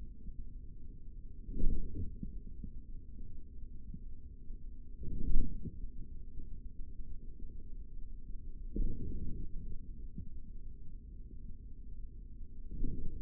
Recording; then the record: forearm muscle sounds (acoustic myography)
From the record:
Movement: forearm supination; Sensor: system 3, bracelet of six PUI Audio POM-2738L microphones around the upper forearm, with dedicated amplification and filtering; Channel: 6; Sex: male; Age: 25 years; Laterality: right